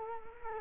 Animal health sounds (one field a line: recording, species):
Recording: mosquito wingbeat signal from an infrared sensor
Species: Culex quinquefasciatus